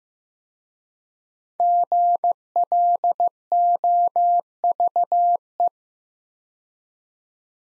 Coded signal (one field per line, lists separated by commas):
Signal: Morse code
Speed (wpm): 15 wpm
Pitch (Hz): 700 Hz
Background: none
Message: GLOVE